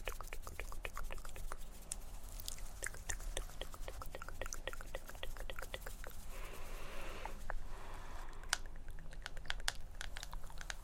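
Layered mouth sounds and tapping, with quick, crisp clicks and tk-tk bursts scattered densely across the whole stretch at an irregular pace. A soft scratchy rustle runs underneath, rising briefly around six to eight seconds, over a steady low hum.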